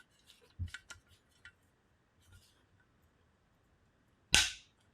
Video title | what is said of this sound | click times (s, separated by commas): AR9 pistol build Part 2 - Upper Receiver | and when you hear that click that's when you've um reached the appropriate amount of torque | 4.3 s